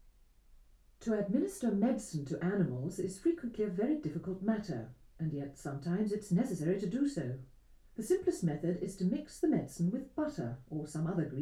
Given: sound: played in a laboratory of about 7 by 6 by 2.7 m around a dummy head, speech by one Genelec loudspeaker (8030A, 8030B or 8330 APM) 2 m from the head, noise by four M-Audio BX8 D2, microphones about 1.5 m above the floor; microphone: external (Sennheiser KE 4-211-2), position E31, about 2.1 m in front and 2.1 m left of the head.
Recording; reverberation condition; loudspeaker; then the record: female speech in English; low; 60 degrees to the left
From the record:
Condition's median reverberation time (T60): about 310 ms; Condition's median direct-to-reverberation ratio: about 3.5 dB